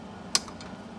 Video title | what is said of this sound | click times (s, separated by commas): Honda EU6500is - Conversion video from gas to Propane & Natural Gas | You can hear it pop. | 0.4 s